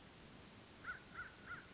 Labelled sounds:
American Crow
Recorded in Sonoma County, California

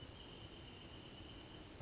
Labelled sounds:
Wrentit
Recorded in Sonoma County, California

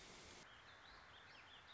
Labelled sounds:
Warbling Vireo
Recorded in Sonoma County, California

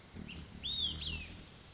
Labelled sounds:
Olive-sided Flycatcher
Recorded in Sonoma County, California

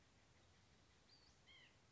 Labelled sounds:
White-breasted Nuthatch
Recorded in Sonoma County, California

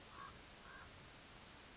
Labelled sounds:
Common Raven
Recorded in Sonoma County, California

